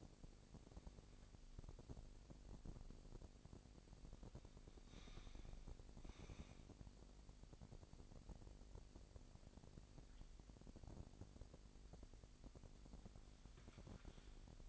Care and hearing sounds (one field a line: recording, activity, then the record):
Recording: daily activity, microphone in the room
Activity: make coffee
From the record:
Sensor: 5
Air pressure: 1007.4 hPa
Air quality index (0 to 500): 127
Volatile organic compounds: 1 ppm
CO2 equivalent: 964 ppm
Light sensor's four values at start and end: 27/63/26/26 and 26/61/25/25